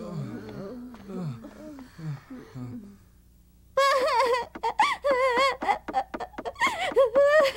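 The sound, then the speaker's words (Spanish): Whimpering and crying: low, wavering moans for a few seconds, a short pause, then louder high-pitched sobbing whimpers in choppy, breathy bursts. “Pero no es el momento de que llores.”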